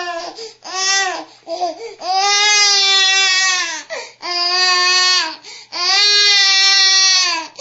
Baby Crying.